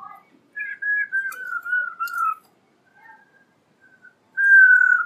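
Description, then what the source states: Laughingthrush singing a run of steady whistled notes at one pitch, some short and some drawn out, then a pause before a louder sustained whistle. Female bird, singing.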